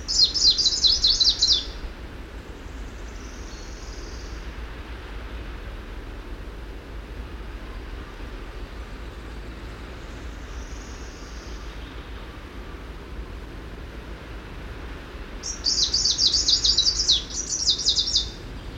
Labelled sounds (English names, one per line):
Greenish Warbler song